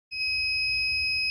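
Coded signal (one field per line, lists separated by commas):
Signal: beep code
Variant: Microtek inverter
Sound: one continuous high-pitched beep that starts abruptly and runs past the end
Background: low hum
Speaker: ओवरलोड यहां पे इस तरीके से बीप साउंड आ रही है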